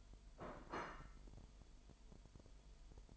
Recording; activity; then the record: daily activity, microphone in the room; place plate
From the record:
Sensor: 5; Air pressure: 1002.2 hPa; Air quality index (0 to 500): 224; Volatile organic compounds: 28 ppm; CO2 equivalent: 2911 ppm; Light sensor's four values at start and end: 10/24/10/11 and 10/24/10/11